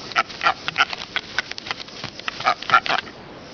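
Brown booby calls, a series of short harsh pulsed notes with a faint tonal band, given in quick irregular bursts over a soft hiss.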